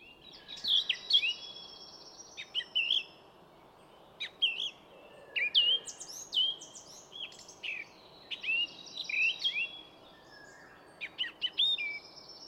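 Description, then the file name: Eurasian blackcap repeating short warbled phrases of mellow, slurred whistles, separated by short pauses. "Sylvia atricapilla"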